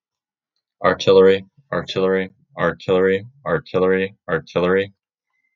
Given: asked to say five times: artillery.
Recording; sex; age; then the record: repeated word; male; 20 to 29 years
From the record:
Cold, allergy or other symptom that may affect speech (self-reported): no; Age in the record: 20 years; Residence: Florida, United States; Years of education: 15